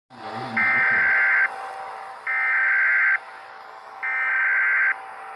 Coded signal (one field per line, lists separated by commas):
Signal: Emergency Alert System (SAME) tones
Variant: header bursts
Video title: emergency alert system from shark puppet